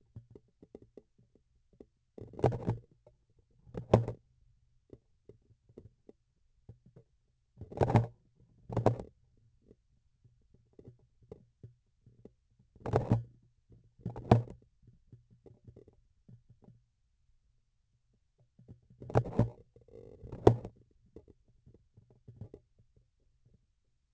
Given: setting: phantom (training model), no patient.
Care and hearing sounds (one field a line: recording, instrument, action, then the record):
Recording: laparoscopic instrument, vibration sensor on the handle end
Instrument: grasping forceps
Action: opening and closing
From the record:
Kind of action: tool actuation without material contact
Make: other than Olympus